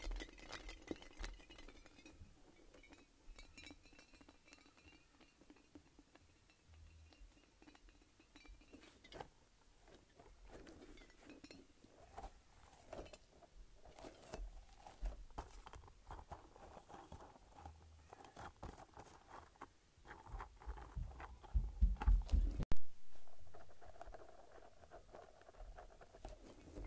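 A light-up ball is squished and shaken, giving irregular soft squelches, rattles and small clinking taps throughout. The handling is quiet and scattered at first, grows busier and louder from about 20 seconds with low thumps, then drops off sharply near 23 seconds.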